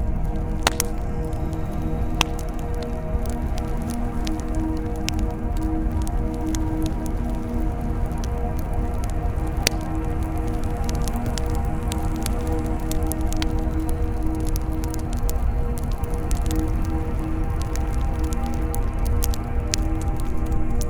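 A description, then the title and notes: A bonfire burns with a steady, dense roar weighted toward the low end, holding an even level throughout. Sharp crackles and pops break through irregularly, with bright snaps near the start, around ten seconds, and scattered later, over a constant low hum. Burning Bonfire Ambience.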